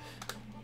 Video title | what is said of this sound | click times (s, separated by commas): Printing Some Tevo Tarantula 3d Printer Upgrades & Chilling! | you guys can see this it just snaps on the back locks | 0.2 s, 0.3 s